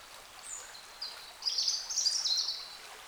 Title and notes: A la sortie de Carennac, le long d'un petit bras de la Dordogne, les oiseaux dans la forêt